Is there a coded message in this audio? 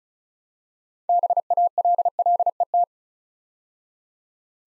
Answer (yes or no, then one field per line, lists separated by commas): yes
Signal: Morse code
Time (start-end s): 1.1-2.8 s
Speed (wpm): 36 wpm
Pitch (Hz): 700 Hz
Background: none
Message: BALLET